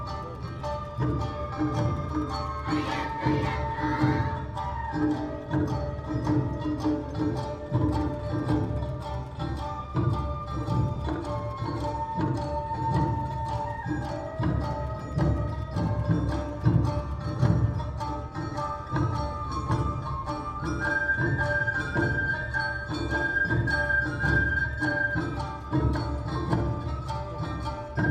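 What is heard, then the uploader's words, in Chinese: An Awa Odori dance troupe performs at Songshan Ciyou Temple in Taipei, with a steady, dense wash of festival music throughout. Held flute-like melody lines float above constant low drumming, with brief jangling bursts around the third and fourth seconds. 東京高圓寺阿波舞團來台展演。阿波舞團在台展演。台北市松山區的松山慈祐宮。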